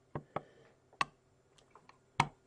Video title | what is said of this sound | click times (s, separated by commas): Let's Build! LIVE Episode 47 - More paint, and more projects! - part 2 | And the bolt locks into place. | 2.2 s